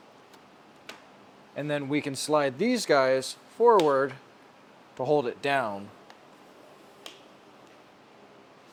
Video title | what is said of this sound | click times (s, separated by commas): E39 M-Sport Headliner - Sunroof Rebuild - 540i Restoration | and then we're going to twist and snap into place so now it's holding itself up | 0.9 s